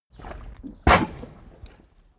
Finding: Cow cough.